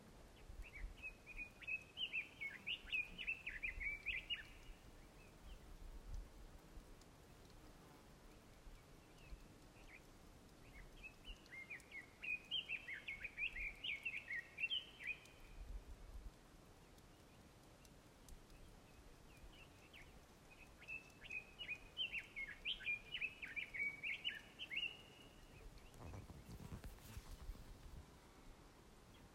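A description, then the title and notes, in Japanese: Small birds sing in bursts, three long phrases of quick, bright twittering at about 2, 12 and 21 seconds, each lasting roughly four seconds. Between them a low outdoor rumble persists, with a brief thump near 26 seconds. 高知県UFOラインの小鳥のさえずり。Bird songs UFO-Line Kochi Japan。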